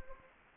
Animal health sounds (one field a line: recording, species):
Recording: mosquito wingbeat signal from an infrared sensor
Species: Anopheles gambiae